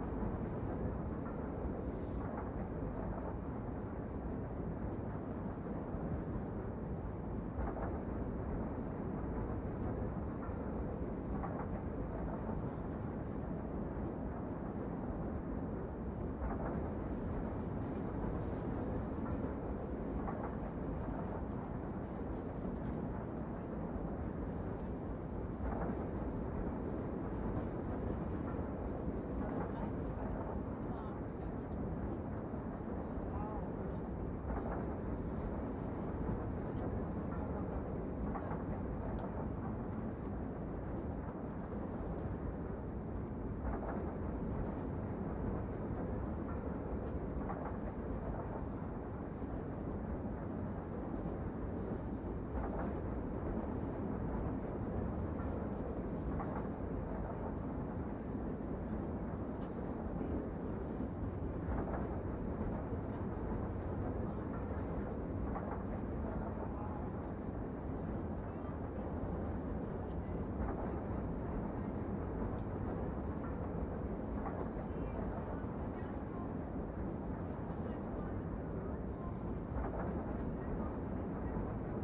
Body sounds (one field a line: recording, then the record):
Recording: background sound without coughing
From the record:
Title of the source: Train Ride Ambience ambient white noise for sleeping, focus, studying, reading